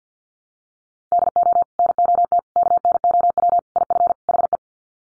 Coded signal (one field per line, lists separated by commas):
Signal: Morse code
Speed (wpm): 50 wpm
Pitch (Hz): 700 Hz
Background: none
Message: DO NOT KNOW IF HE